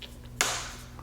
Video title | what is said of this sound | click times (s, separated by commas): NRC Mirror Block Off LED Turn Signals Install On Ducati Panigale V4 / S 2018-2021 | you go we'll snap right in | 0.4 s